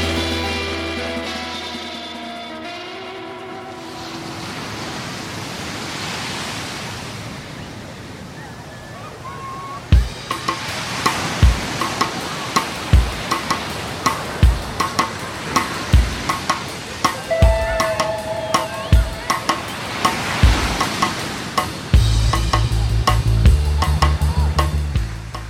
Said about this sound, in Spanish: Ay, esos sonidos de olas, la gente que se vaya a la playa y ya tal, y esas cosas.